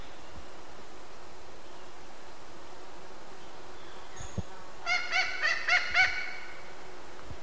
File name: thick billed parrot